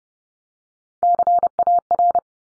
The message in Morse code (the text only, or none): CAR